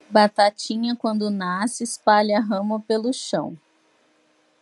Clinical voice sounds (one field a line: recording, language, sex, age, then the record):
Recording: short text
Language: Brazilian Portuguese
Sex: female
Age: 30 to 39 years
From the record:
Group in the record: control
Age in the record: 32 years